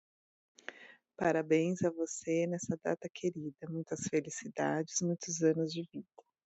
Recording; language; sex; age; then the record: short text; Brazilian Portuguese; female; 40 to 49 years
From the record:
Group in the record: control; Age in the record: 45 years